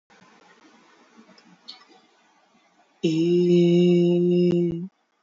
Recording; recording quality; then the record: sustained vowel as in made; excellent, no background noise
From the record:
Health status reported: healthy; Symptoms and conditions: hypertension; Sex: male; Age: 28 years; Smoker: not ticked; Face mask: not worn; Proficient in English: yes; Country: India